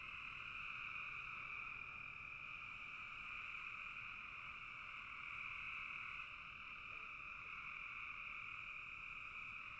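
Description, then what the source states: Massed frog calls forming a seamless buzzing trill at two pitches, steady and continuous from start to finish. Frogs calling in a bog.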